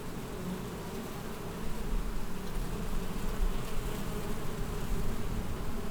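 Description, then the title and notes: Continuous wasp buzzing, a low droning hum that swells louder after the first couple of seconds and stays busy to the end. Wasps among the blossoms of the wild vine, Wörth am Rhein, Germany. "Haydnstraße 1, 76744 Wörth am Rhein, Deutschland - Wespen in den Weinranken. Wasps in the blossoms of the wild vine"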